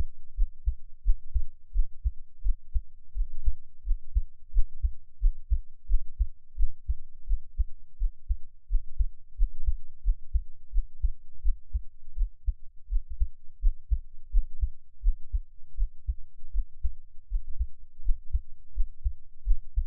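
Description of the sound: Steady, dull low thumps repeat at about 86 beats a minute, each beat heard as a soft lub-dub. An adult heartbeat heard closely through an NT5 microphone, with no talking and only a faint low hum behind it.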